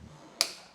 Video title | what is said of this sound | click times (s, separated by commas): WE WILL BUY JUST ABOUT ANYTHING AT SALVAGE REBUILDS UK!!! | my one's the same is it yeah so you till it clicks right | 0.4 s